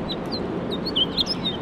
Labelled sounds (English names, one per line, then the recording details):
House Finch song
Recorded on Long Island, New York, on 21 March 2012
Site FL
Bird A